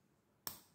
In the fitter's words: it's a snap cap pin the cap closes with a nice clip